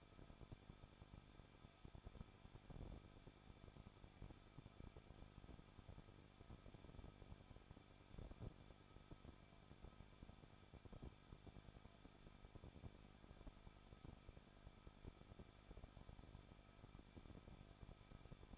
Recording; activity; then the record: daily activity, microphone in the room; no activity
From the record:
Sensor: 5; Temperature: 20.8 degrees Celsius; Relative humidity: 38.6%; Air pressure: 1006.4 hPa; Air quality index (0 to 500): 192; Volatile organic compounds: 21 ppm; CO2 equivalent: 2715 ppm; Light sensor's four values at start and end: 2/3/1/1 and 2/3/1/1